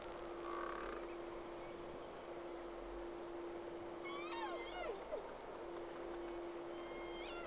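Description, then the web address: Whale calls: a burst of bending, warbling cries near the middle, followed later by fainter rising notes, all over a constant low hum and background hiss. Two whales, recorded 3 October 2006, round 1. "Sea Snake 10-3-06 Whales X 2 11-30 Round 1"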